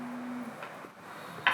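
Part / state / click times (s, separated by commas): bed slat into bed frame rail holes / seated / 1.5 s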